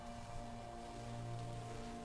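heavy pouring rain

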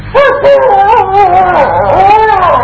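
dog howling and barking

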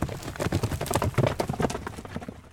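horse neighing and hooves

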